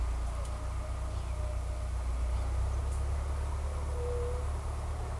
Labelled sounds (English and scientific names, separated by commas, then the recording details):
White-tipped Dove (Leptotila verreauxi)
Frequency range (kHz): White-tipped Dove (Leptotila verreauxi) 0.3-0.6 kHz
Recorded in forest near Pivijay, Magdalena, Colombia, on 2 June 2023 at 11:30
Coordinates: 10.467, -74.380
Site Z5-G034